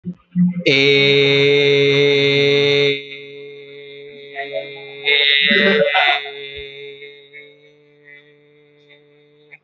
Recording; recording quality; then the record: sustained vowel as in made; moderate, slight background noise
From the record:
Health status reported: healthy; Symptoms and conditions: none ticked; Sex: male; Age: 26 years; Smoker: not ticked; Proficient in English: yes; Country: India